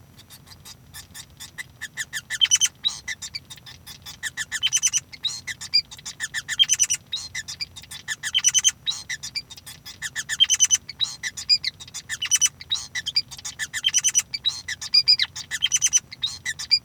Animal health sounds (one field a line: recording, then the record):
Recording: song of a male Bengalese finch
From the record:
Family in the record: son of father 5